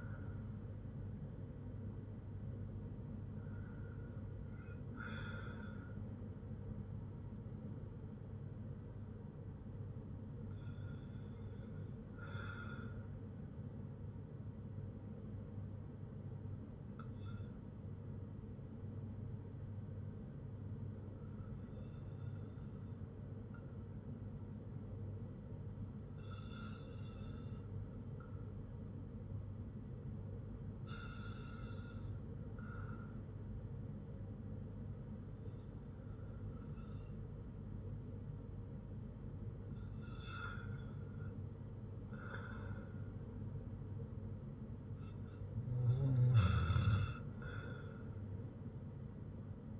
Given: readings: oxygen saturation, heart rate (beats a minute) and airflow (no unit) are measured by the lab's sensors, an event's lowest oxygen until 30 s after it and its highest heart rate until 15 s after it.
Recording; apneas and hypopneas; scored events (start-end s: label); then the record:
breathing in sleep by a smartphone at the bedside; 1
23.00-39.90 s: hypopnea (REM, oxygen 97% highest, then 92% lowest, heart rate 58 at the start, 67 highest)
From the record:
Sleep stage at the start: REM sleep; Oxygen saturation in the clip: 92 to 97%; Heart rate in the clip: 55 to 67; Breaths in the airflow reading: 9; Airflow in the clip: -6.1 to 5.0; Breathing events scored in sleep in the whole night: 182 in 7.4 hours asleep